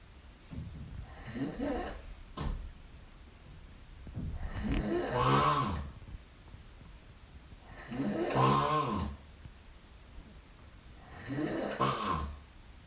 Snoring during the night.